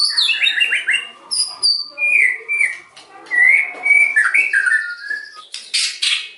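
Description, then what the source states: White-rumped shama song: rich whistled phrases with slurred rising and falling notes and trills, ending in a harsh, buzzy burst. Lure recording (pancingan) meant to provoke a response from other birds; the bird is described as singing actively (gacor).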